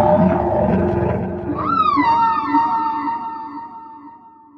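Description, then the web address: Whale song: a dense low rumble gives way to a clear rising whoop that levels into a long, gently falling tonal moan over faint pulsing. "song of the whales"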